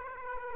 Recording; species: mosquito wingbeat signal from an infrared sensor; Aedes aegypti